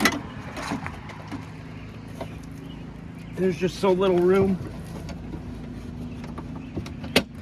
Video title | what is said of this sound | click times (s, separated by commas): Window motor replacement 1999-2004 Jeep Cherokee with regulator | There we go. Hear that little snap? | 7.2 s